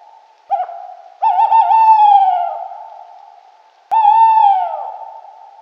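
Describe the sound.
Bird calls: a short note, then a long tonal wavering note with rich harmonics that slides downward, a pause, and a final falling drawn-out note.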